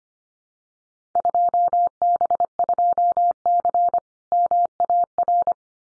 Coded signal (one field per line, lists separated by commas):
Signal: Morse code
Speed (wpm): 25 wpm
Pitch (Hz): 700 Hz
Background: none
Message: 2B2C MAR